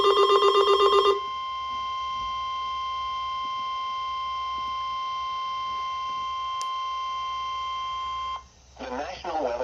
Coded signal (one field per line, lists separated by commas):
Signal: Emergency Alert System (SAME) tones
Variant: 1050 Hz attention tone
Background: speech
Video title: Severe Thunderstorm Warning (EAS 235)